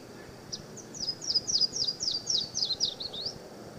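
Yellow-throated warbler song, about a dozen sweet, high down-slurred notes delivered rapidly in a steady run, easing lower at the finish, over soft background hiss.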